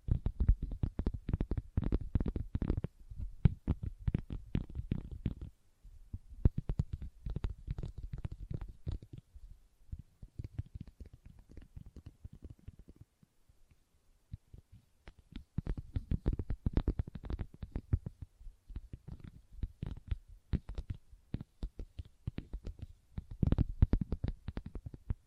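Fingers tap and scratch on leather in quick, dense bursts of soft, low thuds and dry crackles. The activity comes in clusters of a few seconds, with brief quiet gaps near 5, 10 and 14 seconds, then strong runs again after 15 seconds.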